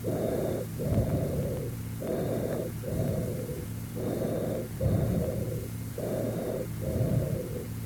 Tubular type of bronchial breath sounds heard in consolidation. Note the high pitch.